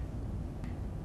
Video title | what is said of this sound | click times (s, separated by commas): PrimeLock™ Insert Installation Instructions with Heating Tool | tighten the nut until the connection verification ring creates an audible click | 0.6 s